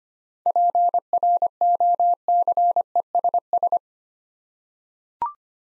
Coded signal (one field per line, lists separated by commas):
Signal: Morse code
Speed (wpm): 25 wpm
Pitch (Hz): 700 Hz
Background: none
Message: PROCESS